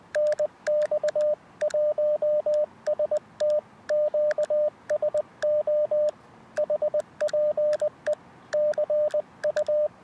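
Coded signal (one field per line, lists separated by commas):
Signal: Morse code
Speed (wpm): 20 wpm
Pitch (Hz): 600 Hz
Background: radio noise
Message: NX 1ST QSO HPE CU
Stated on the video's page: Beginner's relaxed 10 MHz CW contacts, exchanging QTH and name, using an inverted-V dipole from a riverbank portable station.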